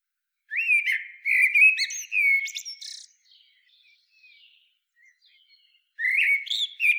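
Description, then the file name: Common blackbird song: a flowing low warble ending in a scratchy high flourish, a quiet gap of about three seconds, then the next phrase begins. "Turdus merula"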